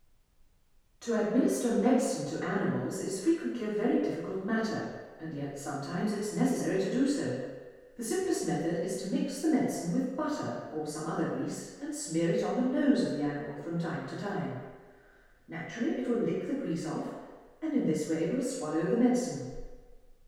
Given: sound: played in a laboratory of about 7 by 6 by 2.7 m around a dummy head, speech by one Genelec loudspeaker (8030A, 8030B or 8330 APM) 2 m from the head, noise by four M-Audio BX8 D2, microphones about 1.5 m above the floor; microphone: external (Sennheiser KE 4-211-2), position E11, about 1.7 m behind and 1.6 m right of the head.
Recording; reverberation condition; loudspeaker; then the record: female speech in English; high; 60 degrees to the right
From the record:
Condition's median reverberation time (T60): about 1300 ms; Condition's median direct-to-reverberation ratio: about -4.0 dB